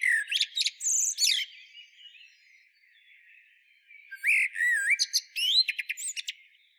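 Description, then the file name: Eurasian blackbird singing a short warbled phrase with high twittering notes, then after a pause another phrase of sliding whistles and rapid squeaky chirps. "Turdus merula"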